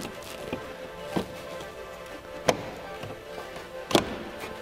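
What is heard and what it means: A second plastic kidney grille is handled and pressed against the front bumper of a BMW 2 Series (F22), producing a few sharp plastic taps and knocks, with the loudest at about 2.5 s and 4.0 s over a steady tonal hum. The grille has not seated or clicked into place yet.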